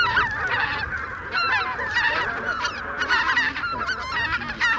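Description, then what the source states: Greater white-fronted goose: greater white-fronted geese in flock chatter: many overlapping high, yelping honks and laughing double notes, calling continuously with no pauses. Flock chatter of greater white-fronted geese used as a decoy lure, Russia.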